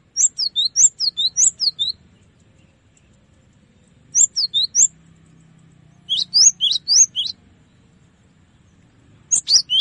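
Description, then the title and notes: Cinereous tit singing loud, clear high phrases of paired descending whistled notes, delivered in four rhythmic bursts with silent gaps of about one to two seconds between. Tutor song (masteran) used to train caged songbirds. "Masteran Gelatik Batu. burung gelatik"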